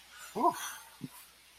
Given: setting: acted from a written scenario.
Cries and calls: vocal sound without words; awe

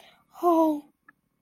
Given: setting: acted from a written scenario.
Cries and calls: vocal sound without words; fear

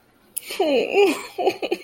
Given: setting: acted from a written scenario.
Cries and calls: vocal sound without words; distress

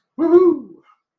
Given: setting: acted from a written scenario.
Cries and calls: vocal sound without words; elation

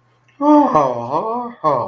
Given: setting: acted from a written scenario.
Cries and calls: vocal sound without words; realization

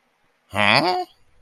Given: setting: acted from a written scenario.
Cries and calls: vocal sound without words; confusion

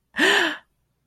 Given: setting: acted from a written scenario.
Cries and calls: vocal sound without words; positive surprise

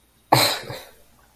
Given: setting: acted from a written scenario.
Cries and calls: vocal sound without words; contempt

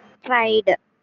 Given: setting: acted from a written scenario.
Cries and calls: vocal sound without words; pride

